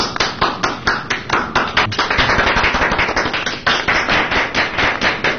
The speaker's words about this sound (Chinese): 鼓掌